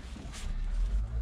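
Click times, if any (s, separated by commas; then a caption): none. A rubber fuel hose is being worked onto the outlet fitting of a replacement fuel pump and float assembly during a fuel pump replacement on an R53/R50 Mini Cooper. A steady low rumble runs throughout, with a brief soft hiss around 0.4 s and slightly louder handling noise later. Nothing has seated or clicked yet.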